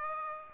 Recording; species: mosquito wingbeat signal from an infrared sensor; Aedes aegypti